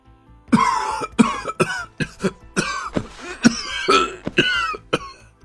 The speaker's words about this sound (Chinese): 伶牙俐齿，句句找不到破绽，苍红观主被司藤堵得说不出话来，一时间痰急上涌，捂住胸口大声咳嗽起来。